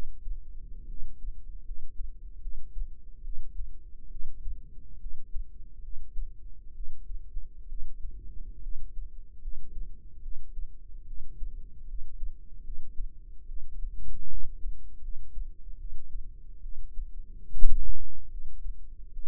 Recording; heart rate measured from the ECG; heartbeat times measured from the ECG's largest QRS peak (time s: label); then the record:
heart sounds by microphone in the right ear; 72 bpm
0.86 s: heartbeat
1.63 s: heartbeat
2.40 s: heartbeat
3.22 s: heartbeat
4.09 s: heartbeat
4.98 s: heartbeat
5.81 s: heartbeat
6.73 s: heartbeat
7.67 s: heartbeat
8.61 s: heartbeat
9.40 s: heartbeat
10.21 s: heartbeat
11.05 s: heartbeat
11.86 s: heartbeat
12.63 s: heartbeat
13.46 s: heartbeat
14.28 s: heartbeat
15.01 s: heartbeat
15.77 s: heartbeat
16.61 s: heartbeat
17.49 s: heartbeat
18.29 s: heartbeat
19.11 s: heartbeat
From the record:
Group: healthy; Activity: rest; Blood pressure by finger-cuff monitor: 104/72 mmHg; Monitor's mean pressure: 82 mmHg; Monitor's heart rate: 73 bpm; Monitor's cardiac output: 5.6 L/min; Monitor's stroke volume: 78 mL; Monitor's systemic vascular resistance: 1050 dyn s/cm5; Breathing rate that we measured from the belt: 18 breaths a minute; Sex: female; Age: 22 years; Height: 157 cm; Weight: 47.6 kg